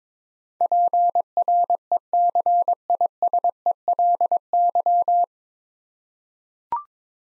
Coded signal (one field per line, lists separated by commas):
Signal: Morse code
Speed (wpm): 21 wpm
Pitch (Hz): 700 Hz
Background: none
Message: PRECISELY